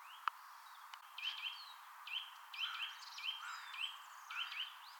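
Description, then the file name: Eurasian nuthatch giving repeated short rising whistles, some in pairs, amid other faint bird notes and a couple of sharp clicks. "Sitta europaea"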